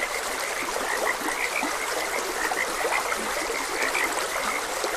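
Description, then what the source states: Frogs calling with quick repeated chirpy croaks and an occasional low croak, mixed into the constant trickle and rush of a stream. Frogs croaking beside a gentle stream.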